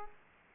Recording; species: mosquito wingbeat signal from an infrared sensor; Culex quinquefasciatus